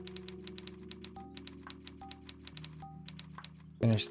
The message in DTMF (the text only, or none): none